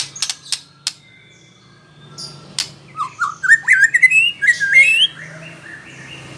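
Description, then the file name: White-rumped shama song: sharp clicks, then a rising series of bright, slurred whistled phrases climbing in pitch, ending abruptly. Female. "murai batu betina"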